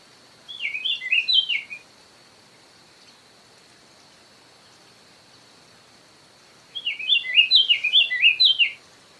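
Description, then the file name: Diademed tanager singing two short bursts of quick, chirpy, slurred notes separated by a five-second pause, over a faint steady high tone. "sanhaco frade"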